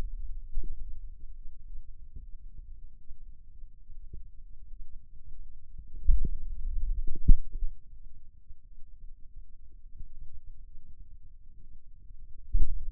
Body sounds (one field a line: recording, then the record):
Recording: forearm muscle sounds (acoustic myography)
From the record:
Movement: finger pinch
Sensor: system 2, bracelet of six BSWA MPA416 microphones around the upper forearm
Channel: 2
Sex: male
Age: 22 years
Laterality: right